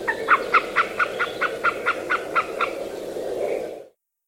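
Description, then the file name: Eurasian jay giving a rapid series of about eleven clipped, honking notes over a broad steady rushing background noise that cuts off abruptly near the end. "Garrulus glandarius"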